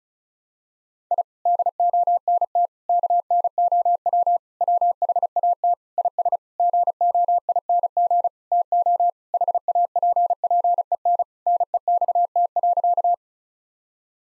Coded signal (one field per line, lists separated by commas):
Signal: Morse code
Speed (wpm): 36 wpm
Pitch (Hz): 700 Hz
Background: none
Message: I DONT KNOW WHAT IS GOING TO HAPPEN NEXT.